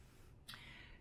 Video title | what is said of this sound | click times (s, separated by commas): Canyon Ultimate CF SL Disc 8.0 Di2 Aero 2019 300km Review & Mods Part 5 of 5 | a proprietary attachment magnetic attachment over here where the thing just clicks into place and charges this thing now | 0.5 s